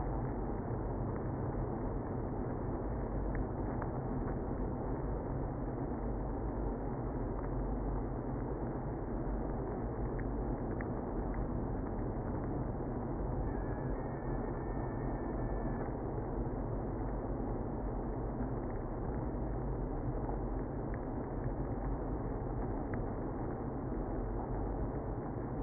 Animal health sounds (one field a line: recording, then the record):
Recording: honeybee colony, microphone inside the hive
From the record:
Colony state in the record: queenless (queen removed)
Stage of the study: after two queens were removed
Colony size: about 60,000 bees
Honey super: yes